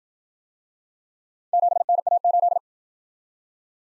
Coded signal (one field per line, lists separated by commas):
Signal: Morse code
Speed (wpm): 54 wpm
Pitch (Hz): 700 Hz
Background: none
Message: 7NA8